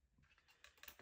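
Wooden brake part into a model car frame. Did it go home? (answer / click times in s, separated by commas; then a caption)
yes / 0.6 s, 0.8 s, 0.9 s, 1.0 s. A wooden brake part for a UGears UGT-24 Endurance Racer mechanical model is kept straight and pressed into the model car frame with a plywood helper tool. Faint scraping builds before sharp little clicks at 0.6, 0.8, 0.9 and 1.0 seconds. The brake seats and locks in, nice and tight.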